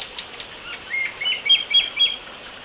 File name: Chinese Blue Flycatcher Yaan To Wawu Sichuan 5 June 2011 Jvd W